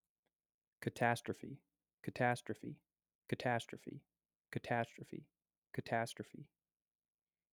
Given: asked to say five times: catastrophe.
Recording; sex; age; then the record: repeated word; male; 20 to 29 years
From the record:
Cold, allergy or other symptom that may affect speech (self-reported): no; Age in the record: 23 years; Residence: Indiana, United States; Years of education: 16